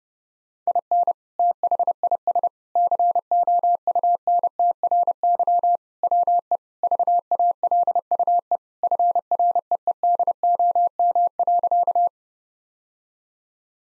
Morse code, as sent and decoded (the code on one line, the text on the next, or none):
.. -. / - .... .. ... / -.-. --- ..- -. - .-. -.-- / .-- . / ...- .- .-.. ..- . / ..-. .-. . . -.. --- -- .-.-.-
IN THIS COUNTRY WE VALUE FREEDOM.